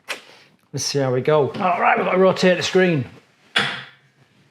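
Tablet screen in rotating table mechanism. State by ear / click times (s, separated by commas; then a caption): seated / 3.6 s. Someone talks, then the touch-screen tablet top of an activity table is rotated in its swivel mechanism. The mechanism locks into position with a single sharp knock at 3.6 s. It holds firmly and feels really solid.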